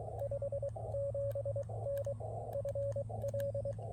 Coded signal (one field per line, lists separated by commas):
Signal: Morse code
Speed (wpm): 23 wpm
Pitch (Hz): 560 Hz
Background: radio noise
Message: 57N FL